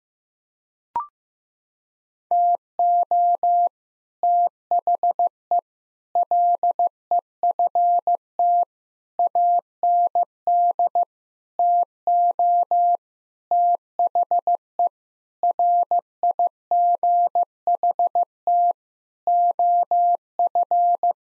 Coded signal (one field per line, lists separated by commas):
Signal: Morse code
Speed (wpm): 15 wpm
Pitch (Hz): 700 Hz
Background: none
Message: TO THE LEFT AND TO THE RIGHT OF